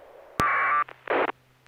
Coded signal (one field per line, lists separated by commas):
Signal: packet radio (AX.25, as in APRS)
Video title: N6NA SSTV Net - 02/03/2021